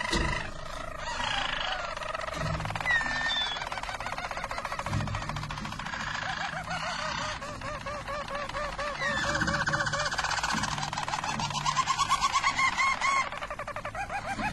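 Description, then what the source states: Harz Roller canary delivering rapid rolls and gurgling, arched notes that change tour every few seconds, the song running without a break. Belgian Harz Roller canary.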